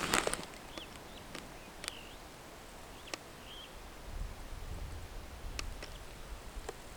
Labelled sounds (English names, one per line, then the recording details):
Superb Starling flight call
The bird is a male
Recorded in Kenya on 18 July 2010
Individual 114, of group WDB